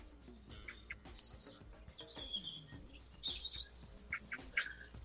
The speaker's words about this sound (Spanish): Se nota que están los pajaritos. Oyendo todos los pájaros, todos. Es increíble la cantidad de ellos que hay.